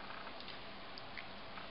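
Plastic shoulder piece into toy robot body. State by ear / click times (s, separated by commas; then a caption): not seated / none. A plastic shoulder piece is handled as it is pulled out of a toy robot body, with only soft, low-level rustling and faint patter throughout. Nothing has seated or clicked yet.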